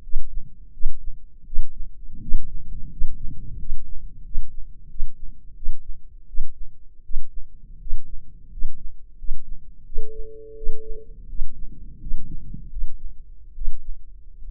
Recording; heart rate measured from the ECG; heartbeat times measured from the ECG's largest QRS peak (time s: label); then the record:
heart sounds by microphone in the left ear; 83 bpm
0.02 s: heartbeat
0.72 s: heartbeat
1.45 s: heartbeat
2.21 s: heartbeat
2.90 s: heartbeat
3.57 s: heartbeat
4.23 s: heartbeat
4.88 s: heartbeat
5.54 s: heartbeat
6.26 s: heartbeat
7.02 s: heartbeat
7.79 s: heartbeat
8.50 s: heartbeat
9.17 s: heartbeat
9.84 s: heartbeat
10.55 s: heartbeat
11.27 s: heartbeat
11.99 s: heartbeat
12.69 s: heartbeat
13.54 s: heartbeat
14.46 s: heartbeat
From the record:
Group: healthy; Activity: rest 0-11 s, breath hold 11-15 s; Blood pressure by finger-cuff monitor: 156/91 mmHg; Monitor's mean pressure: 109 mmHg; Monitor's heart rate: 85 bpm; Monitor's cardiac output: 8.3 L/min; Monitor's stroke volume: 98 mL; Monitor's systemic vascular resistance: 980 dyn s/cm5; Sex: male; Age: 23 years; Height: 179 cm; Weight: 87 kg